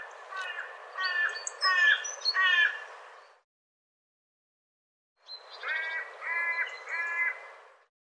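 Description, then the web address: Bird calls: a series of four nasal, harmonic caws, a pause of about two seconds, then three more similar caws at a steady pace. "cianscape birddata"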